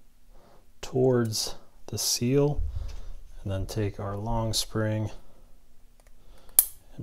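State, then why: Seated. During a brake master cylinder rebuild on a Datsun 240Z, the long return spring and its retainer are forced onto the piston assembly while someone talks. A sharp, loud click at 6.6 s marks the retainer snapping onto the piston, and it is seated.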